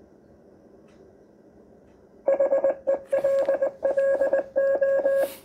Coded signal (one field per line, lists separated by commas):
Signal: Morse code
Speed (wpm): 20 wpm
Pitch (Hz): 550 Hz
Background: none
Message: HELLO